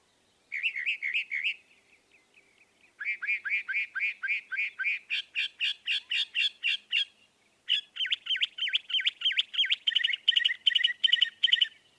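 Northern mockingbird song of several fast repeated-note bursts, each a different phrase type, the last a long rapid chattering series.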